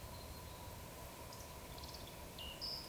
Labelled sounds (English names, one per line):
Eurasian Woodcock whistle